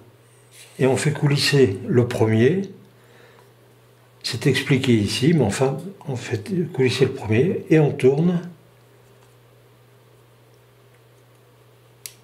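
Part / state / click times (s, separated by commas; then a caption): plastic film developing reel halves locking together / seated / 12.1 s. Someone talks while the two plastic halves of a film developing reel are slid together and twisted, over a steady low hum. After the talking stops, a short sharp click at 12.1 s marks the halves locking into their set position.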